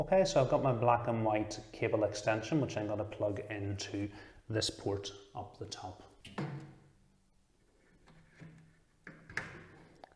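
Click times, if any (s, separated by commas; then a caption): 9.4 s. Someone talks while pushing a black and white power cable extension plug into a port at the top of the case. Soft handling noises follow, and the plug clicks and locks into place at 9.4 s.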